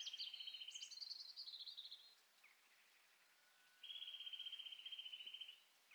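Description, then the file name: Eurasian nuthatch delivering two rapid, level trills of high pips, the first already under way at the start, with other chirps overlapping it. "Sitta europaea"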